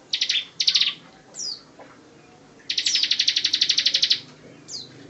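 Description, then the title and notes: Bar-winged prinia song: a few quick chirps and a falling slurred note, then a long, fast, ringing trill of high repeated pulses. Ciblek ngebren song, used as training material for White-rumped shama (murai batu). "Ciblek Ngebren Untuk Masteran Murai Batu. Suara burung ciblek"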